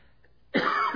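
After half a second of near silence, one loud, rough cough from an adult man bursts out and runs to the end. A junky cough that has lasted for weeks, a loose cough that brings up mucus from the airways.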